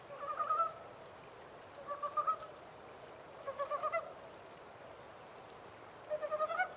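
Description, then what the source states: Japanese mountain brown frog calls: four separated bursts of fast clucking pulses, roughly every two seconds, with quiet hiss between. Recorded 14 April 2010 at 03:17.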